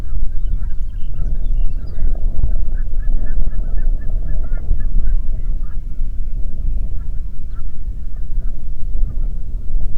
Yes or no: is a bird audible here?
yes